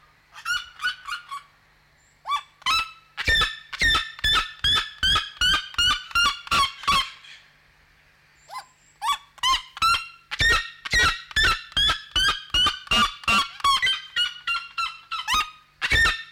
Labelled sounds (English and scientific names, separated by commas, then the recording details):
Red-legged Seriema (Cariama cristata) call
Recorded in captivity
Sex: male
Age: adult
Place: Zoo Berlin, Berlin, DE
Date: 1993-10-16 11:17
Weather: heiter, 6-10°C
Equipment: Marantz CP 430, Sennheiser MKH 416 T, Kopie Uher Variocord 263
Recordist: Tembrock, Günter